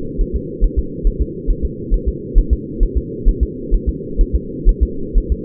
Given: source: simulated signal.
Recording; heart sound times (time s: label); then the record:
fetal heart sounds
0.21 s: S1
0.36 s: S2
0.64 s: S1
0.79 s: S2
1.07 s: S1
1.22 s: S2
1.50 s: S1
1.65 s: S2
1.94 s: S1
2.08 s: S2
2.38 s: S1
2.53 s: S2
2.83 s: S1
2.97 s: S2
3.28 s: S1
3.43 s: S2
3.74 s: S1
3.89 s: S2
4.21 s: S1
4.35 s: S2
4.69 s: S1
4.83 s: S2
5.18 s: S1
5.32 s: S2
From the record:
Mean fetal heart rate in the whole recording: 130 bpm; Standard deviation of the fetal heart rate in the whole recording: 4 bpm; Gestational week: 38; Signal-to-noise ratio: -4.3 dB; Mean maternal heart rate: 72 bpm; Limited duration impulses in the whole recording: absent